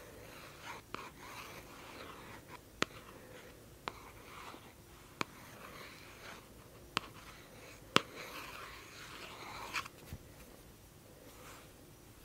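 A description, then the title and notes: Sharp fingertip taps land at irregular intervals, roughly every one to two seconds, with the crispest near the eight-second mark. Between them comes a soft, dry tracing and scratching across a surface, quiet. ASMR Tapping, Tracing & Reading Children's Books.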